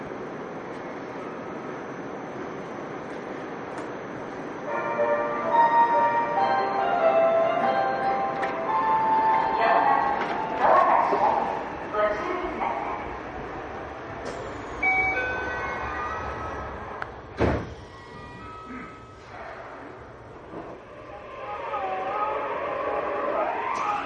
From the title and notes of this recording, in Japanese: 横浜市営地下鉄3000R形 関内〜あざみ野。快速運用で録音。録音はICレコダーを使用しています。